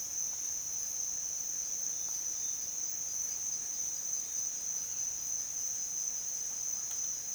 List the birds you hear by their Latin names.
none